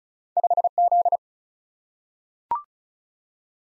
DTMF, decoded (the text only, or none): none